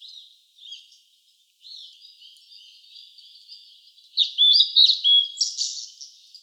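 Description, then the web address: Blue-and-white flycatcher giving soft, thin warbling notes that build into a louder burst of clear whistles with sharp pitch changes. Recorded 6 May 2014. "birdenaga ooruri S 140506"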